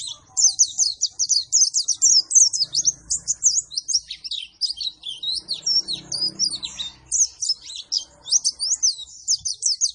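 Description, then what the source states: White-eye song, a continuous torrent of high, scratchy chirps and trills delivered rapidly with almost no break. Singing energetically after being given a vitamin C supplement.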